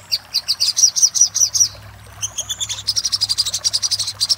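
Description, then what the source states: Little spiderhunter song: quick high chip series, a short quiet gap, then a slurred buzzy phrase leading into a steady rapid run of sharp notes. Song used for training caged songbirds (masteran).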